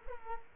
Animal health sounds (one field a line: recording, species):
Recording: mosquito wingbeat signal from an infrared sensor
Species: Culex quinquefasciatus